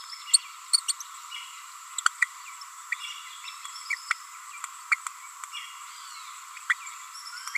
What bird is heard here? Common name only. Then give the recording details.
Green-rumped Parrotlet. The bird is a female. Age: 29 days. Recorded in a nest box in Venezuela. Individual 17B42A4